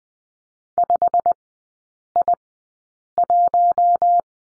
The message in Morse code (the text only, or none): 5I1